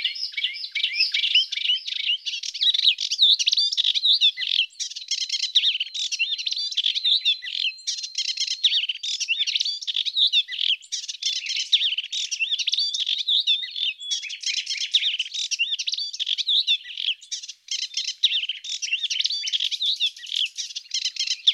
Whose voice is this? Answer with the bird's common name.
Melodious Warbler